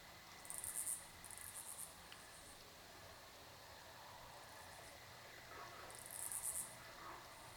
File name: Crickets Night Forest With 2 Sharp Close Cicadas Back And Forth